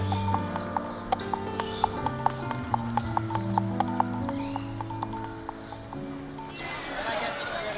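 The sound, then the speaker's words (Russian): A ram led on a rope by a boy of about 10 clops its hooves in a steady, even rhythm of sharp little knocks, over a low sustained hum, before the steps give way to a rough rustling at the end. “Мимо Сергея проходит мальчик лет 10. Он ведет на веревке барана.”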